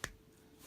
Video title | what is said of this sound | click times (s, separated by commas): Hot Wheels Star Wars First Order TIE Fighter | Pegging in the port like so, hear that click, | 0.0 s